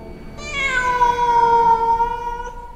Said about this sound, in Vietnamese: Một đứa trẻ mở miệng, bên trong như là một cái hố máu, và kêu lên ngao một tiếng như mèo kêu.